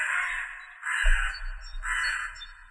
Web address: Corvus corone cornix